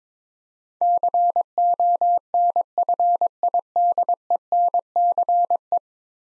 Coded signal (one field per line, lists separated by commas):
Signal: Morse code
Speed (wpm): 21 wpm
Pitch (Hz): 700 Hz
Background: none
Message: CONFIDENCE